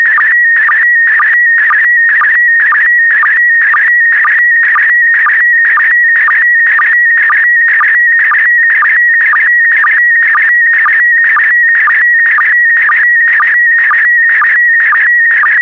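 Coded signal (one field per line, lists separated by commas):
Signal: SSTV (slow-scan television)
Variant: PD120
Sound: warbling tone around 1.9 kHz with brief low blips twice a second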